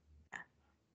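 An adult sneezes once in the background, just outside a door, faint and brief against quiet room tone.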